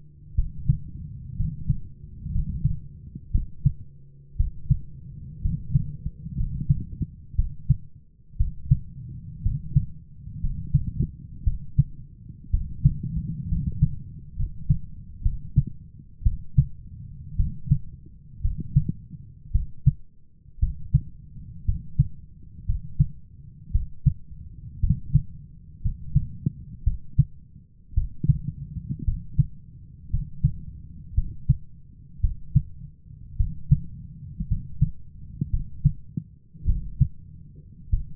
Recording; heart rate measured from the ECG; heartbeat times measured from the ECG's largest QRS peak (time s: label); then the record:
heart sounds by stethoscope; 58 bpm
0.34 s: heartbeat
1.35 s: heartbeat
2.31 s: heartbeat
3.31 s: heartbeat
4.36 s: heartbeat
5.41 s: heartbeat
6.36 s: heartbeat
7.35 s: heartbeat
8.36 s: heartbeat
9.42 s: heartbeat
10.40 s: heartbeat
11.43 s: heartbeat
12.50 s: heartbeat
13.47 s: heartbeat
14.35 s: heartbeat
15.22 s: heartbeat
16.22 s: heartbeat
17.36 s: heartbeat
18.41 s: heartbeat
19.51 s: heartbeat
20.59 s: heartbeat
21.64 s: heartbeat
22.65 s: heartbeat
23.71 s: heartbeat
24.79 s: heartbeat
25.81 s: heartbeat
26.83 s: heartbeat
27.94 s: heartbeat
29.04 s: heartbeat
30.09 s: heartbeat
31.14 s: heartbeat
32.20 s: heartbeat
33.36 s: heartbeat
34.47 s: heartbeat
35.49 s: heartbeat
36.65 s: heartbeat
37.89 s: heartbeat
From the record:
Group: healthy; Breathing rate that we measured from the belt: 15 breaths a minute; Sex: male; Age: 23 years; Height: 178 cm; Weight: 96.6 kg